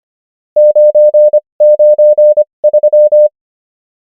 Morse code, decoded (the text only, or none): 993